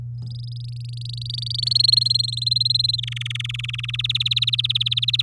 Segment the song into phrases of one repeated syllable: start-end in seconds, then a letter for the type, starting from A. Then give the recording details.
0.22-1.73 A, 1.75-3.00 B, 3.03-3.91 C, 3.93-5.22 D. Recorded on 8 May 2018 at 05:32. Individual llb16